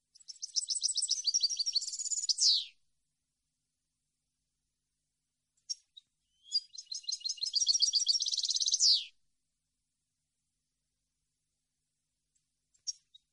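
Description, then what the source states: European goldfinch song: two fast, tinkling, twittering phrases, each ending in a buzzy descending note, with a few single chips between and after. Clean goldfinch song recording made for copying, meant for song training of birds.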